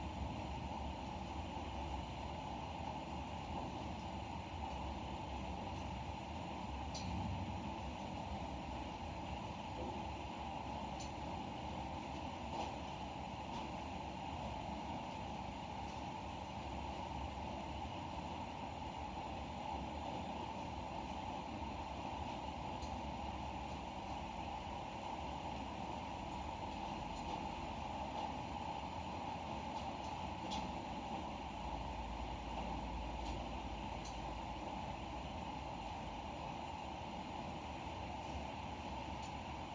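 A rain shower falls in a steady, dense hiss that holds level for the whole stretch without easing off. A low rumble runs underneath, like traffic, and a few sharp drips or ticks stand out around seven seconds and near the thirty-second mark.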